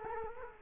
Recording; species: mosquito wingbeat signal from an infrared sensor; Culex quinquefasciatus